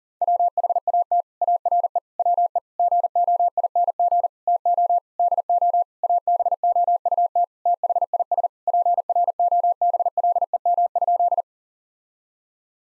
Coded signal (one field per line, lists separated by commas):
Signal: Morse code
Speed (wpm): 40 wpm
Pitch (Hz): 700 Hz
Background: none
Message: WHAT ARE WE GOING TO DO ABOUT THIS PROBLEM?